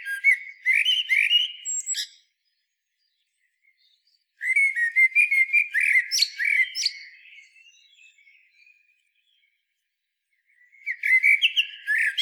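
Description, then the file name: Common blackbird singing three phrases of fluted whistles and shrill twittering, separated by short pauses. "Turdus merula"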